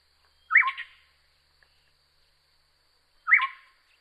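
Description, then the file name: Yellow-crowned gonolek song: two short phrases almost three seconds apart, each a rich burst sliding down to a low whistle, with a faint steady high hum behind. "Yellow crowned Gonolek Laniarius barbarus"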